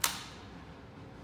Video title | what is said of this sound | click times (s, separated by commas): Air Nailer | and then there's a spring loaded action here and you'll hear it click | 0.0 s